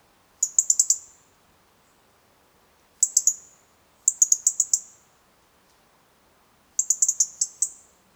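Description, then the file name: European robin giving quick runs of four to six sharp, high-pitched ticks, the runs separated by gaps of under a second to about two seconds in an otherwise quiet background. "Erithacus rubecula"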